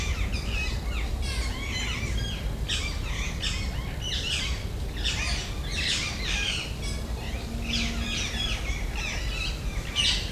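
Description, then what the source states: Rose-ringed parakeets keep up a noisy squabble of grating screeches and short chattering notes, almost without pause, over a low background hum. Ring-necked parakeets squabbling in late afternoon, Jardin d'agronomie tropicale, Paris, France; MCE 530 microphone, USB dual preamp, H2.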